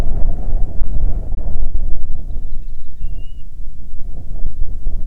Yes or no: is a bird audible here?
yes